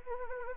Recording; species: mosquito wingbeat signal from an infrared sensor; Anopheles arabiensis